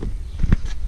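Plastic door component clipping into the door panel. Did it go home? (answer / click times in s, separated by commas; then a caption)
no / none. A plastic door part is handled against the door panel of a 1999–2004 Nissan Pathfinder as it is about to be clipped in, with soft low rubbing and bumping and a brief sharp knock around 0.5 s. The part has not seated or clicked into place yet.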